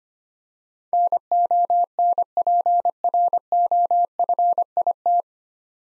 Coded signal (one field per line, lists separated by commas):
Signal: Morse code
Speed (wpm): 25 wpm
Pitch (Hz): 700 Hz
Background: none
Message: NONPROFIT